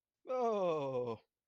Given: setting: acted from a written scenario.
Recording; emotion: vocal sound without words; positive surprise